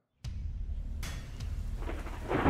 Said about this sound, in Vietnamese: Mưa và sấm sét bắt đầu trút xuống ào ào. Nhưng không hiểu sao, từng đợt sét cứ giáng xuống phía khu đất đó liên hồi, đánh tung cả đất cát xung quanh bay loạn xạ, làm cho không ai dám lại gần.